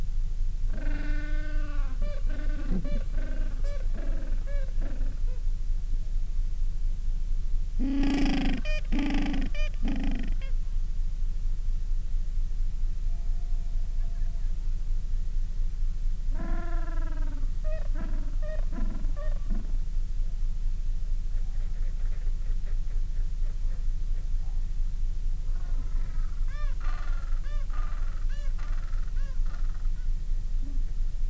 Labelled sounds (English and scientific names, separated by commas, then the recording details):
Gentoo Penguin (Pygoscelis papua)
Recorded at the colony at Almirante Brown, Antarctica, on 14 December 2015
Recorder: Song Meter SM2+